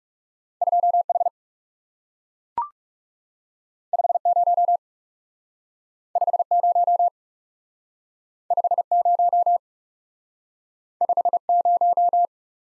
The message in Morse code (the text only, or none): 2 H 5 0 5 0 5 0 5 0